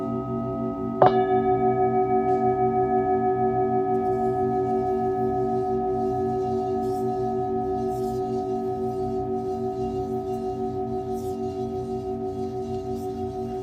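A singing bowl is struck about one second in, its sharp onset blooming into a long, steady ringing tone with several clear overtones. The ring pulses gently in a slow, regular wobble and fades only slightly over the remaining seconds, with faint soft ticks scattered above.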